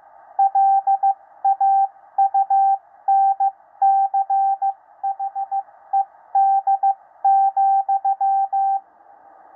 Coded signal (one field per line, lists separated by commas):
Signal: Morse code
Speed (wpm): 15 wpm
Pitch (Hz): 780 Hz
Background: radio noise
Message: LAUNCHED,